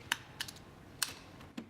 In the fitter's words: And here come the 3 clicks.